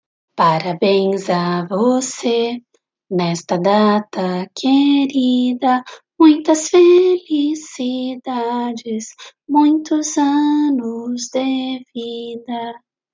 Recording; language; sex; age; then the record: short text; Brazilian Portuguese; female; 30 to 39 years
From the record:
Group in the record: control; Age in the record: 37 years